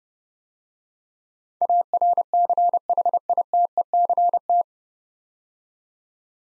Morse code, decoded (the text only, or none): ARCHITECT